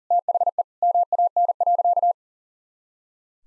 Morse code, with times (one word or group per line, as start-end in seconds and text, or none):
0.1-0.6 THE
0.8-2.1 MAN.